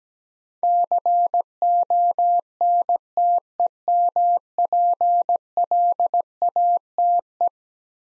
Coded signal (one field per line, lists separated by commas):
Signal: Morse code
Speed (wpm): 17 wpm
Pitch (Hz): 700 Hz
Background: none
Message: CONTEMPLATE